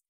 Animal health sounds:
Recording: hydrophone in a shrimp aquaculture tank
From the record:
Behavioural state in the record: feeding

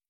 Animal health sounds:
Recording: hydrophone in a shrimp aquaculture tank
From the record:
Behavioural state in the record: feeding

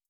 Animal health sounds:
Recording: hydrophone in a shrimp aquaculture tank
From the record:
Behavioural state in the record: starved

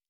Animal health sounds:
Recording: hydrophone in a shrimp aquaculture tank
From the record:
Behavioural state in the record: normal

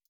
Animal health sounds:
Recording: hydrophone in a shrimp aquaculture tank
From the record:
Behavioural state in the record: feeding

